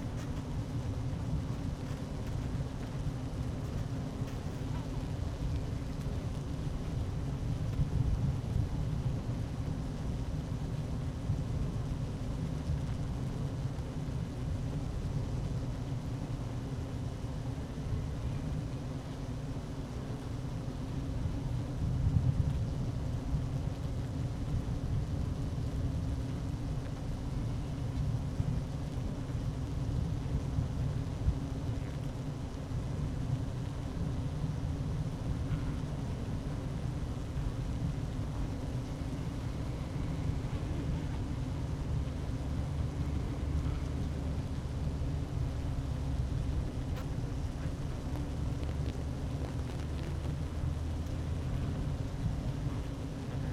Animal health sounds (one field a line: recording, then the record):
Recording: honeybee colony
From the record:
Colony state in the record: active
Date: 12 June 2018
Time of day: 11:57